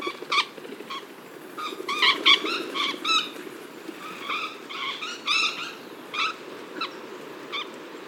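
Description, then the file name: Fuertes's parrot calls, a chatter of nasal harmonic notes, some in quick clusters, over a steady background noise. "Fuertess Parrot Hapalopsittaca fuertesi"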